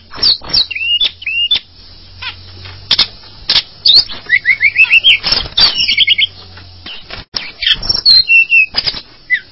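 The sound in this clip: Bird song of short whistles and quick chirp series, with loud clicks and taps throughout.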